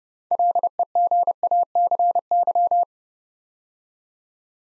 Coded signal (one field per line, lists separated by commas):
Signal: Morse code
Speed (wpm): 30 wpm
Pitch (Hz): 700 Hz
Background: none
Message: LEGACY